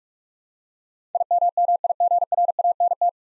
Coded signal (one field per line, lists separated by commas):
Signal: Morse code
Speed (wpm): 46 wpm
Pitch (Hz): 700 Hz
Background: none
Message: IMMIGRANT